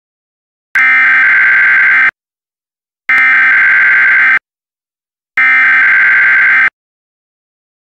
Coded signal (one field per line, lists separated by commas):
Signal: Emergency Alert System (SAME) tones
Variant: header bursts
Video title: Real EAS #60 - Severe Thunderstorm Warning